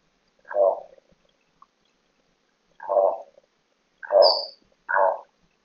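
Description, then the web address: Gould's toucanet uttering hoarse, throaty croaks, four in all with a long pause after the first, plus a brief high-pitched whistle. "sound Gould's-toucanet. صدای-پرنده-توکانچه-گولد"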